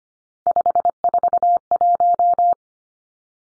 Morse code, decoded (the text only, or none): 541